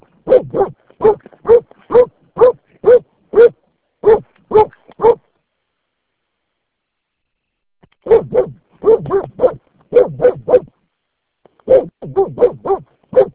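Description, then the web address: Dog barking in fast bursts of short, mid-pitched barks, broken by a three-second silence before further clustered barking resumes. "Santra koirat"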